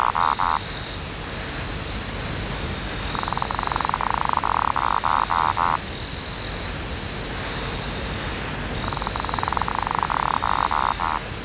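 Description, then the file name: Lesueur's frog calling in long rapid pulsed trills lasting a few seconds, separated by pauses of a few seconds, over steady background noise. "Litoria lesueurii"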